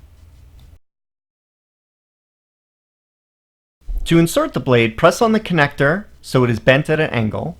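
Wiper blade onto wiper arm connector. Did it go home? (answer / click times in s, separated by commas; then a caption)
no / none. A wiper blade is lined up at an angle on the wiper arm connector of a Tesla Model 3, ready to be pushed in. A faint low hum fades out by about 0.8 s, followed by near silence until someone starts talking at about 3.9 s. Nothing has seated or clicked yet.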